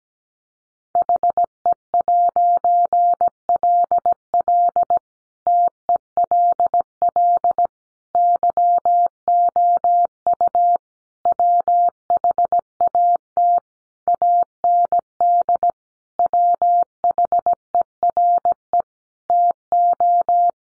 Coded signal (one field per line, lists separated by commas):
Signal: Morse code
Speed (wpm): 17 wpm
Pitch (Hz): 700 Hz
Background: none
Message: HE'LL TELL YOU WHAT AND WHERE TO